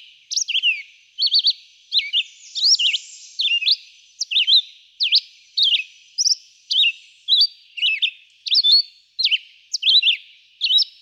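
Red-eyed vireo song of brief whistled phrases, each a quick up-and-down slur, following one another in quick succession.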